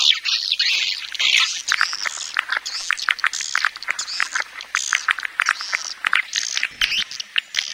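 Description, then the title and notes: Swiftlet calls, rapid sharp chirps and twitters, many overlapping, delivered in quick uneven runs. Swiftlet farming sound, Asia. "Swiflet Bird Sound. Farming Swiflet Bird asia sound"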